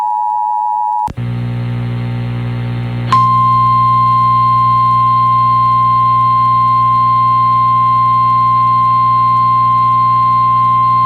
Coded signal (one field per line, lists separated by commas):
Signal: Emergency Alert System (SAME) tones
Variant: 853 and 960 Hz attention tone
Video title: MID-DECEMBER DERECHO | EAS Alerts from 12/15/2021 (EAS #875-902)